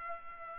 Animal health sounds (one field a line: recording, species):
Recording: mosquito wingbeat signal from an infrared sensor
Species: Culex pipiens